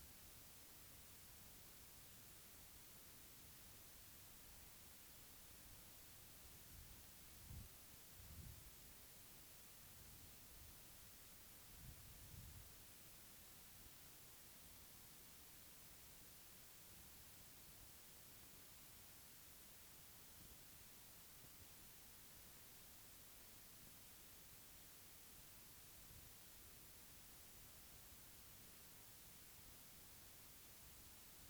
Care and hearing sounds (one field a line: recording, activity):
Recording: daily activity, guitar pickup as the sensor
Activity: sit